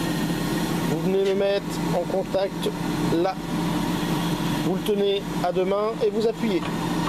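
A small tool is held with both hands and pressed against its holder on a Minimatic 100 machine while someone talks over a steady engine-like hum. Nothing has seated or clicked yet in this clip; the tool is still being pushed into its holder.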